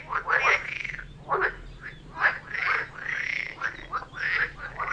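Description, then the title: Several frogs croaking, harsh rasping calls alternating with short sharp clicks in an uneven rhythm. Frog chorus recorded near Vellerner Brook in Neubeckum at 2pm; binaural recording meant for headphones. "Frog concert near Vellerner Brook in Neubeckum - 2pm - binaural version"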